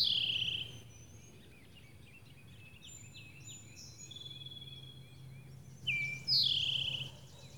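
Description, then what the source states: Towhee song: the end of a buzzy trill, then later a short high note followed by a bright buzzy trill, over a low hum. Singing in spring, recorded March 31, 2012.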